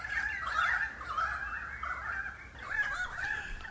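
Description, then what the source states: Pied Currawongs calling in a dense chorus, overlapping ringing, warbling notes running continuously with a steady, busy texture, and faint low background rumble. A cacophony of about 30 birds messing around in the tops of messmate eucalypts, calling for about 20 minutes; Dandenong Ranges east of Melbourne, Australia.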